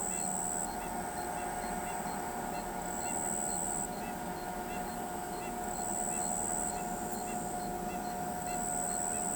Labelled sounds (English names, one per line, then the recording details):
Southern Lapwing
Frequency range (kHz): Southern Lapwing 1.7-4.1 kHz
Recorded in pastures near Pivijay, Magdalena, Colombia, on 15 April 2023 at 21:30
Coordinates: 10.456, -74.369
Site P6-G026